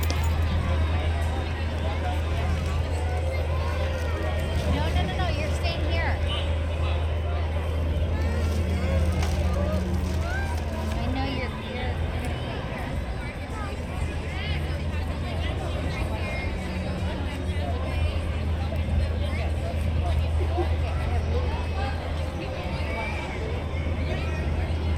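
Oga's Cantina ambience: a steady babble of many overlapping voices over a constant low hum, with faint clinks and brief chirps throughout.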